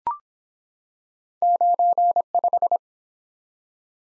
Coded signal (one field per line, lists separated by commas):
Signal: Morse code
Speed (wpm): 24 wpm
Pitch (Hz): 700 Hz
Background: none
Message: 95